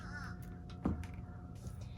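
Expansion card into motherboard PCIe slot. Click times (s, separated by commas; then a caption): 0.8 s. An expansion card, its bracket notches passed through the case openings, is pushed into a motherboard PCIe slot over a steady low hum. A sharp click at 0.9 s marks the card seating in the slot, with softer taps around it, and the slot latch should flip back up.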